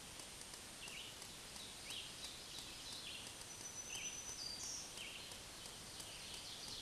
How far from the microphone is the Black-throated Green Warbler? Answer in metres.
about 35 m